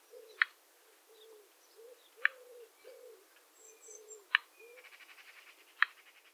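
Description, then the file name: Common nightingale sharp clicking notes about every two seconds, with a brief rapid pulsed rattle and thin high notes, over soft low notes throughout. "Luscinia megarhynchos"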